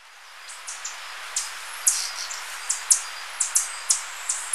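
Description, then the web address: Rufous-throated tanager giving high, sharp ticking notes, single or paired, at irregular intervals over soft background hiss. Recorded in Ecuador. "Natures Songs S America Birds of Ecuador Rufous-throated Tanager"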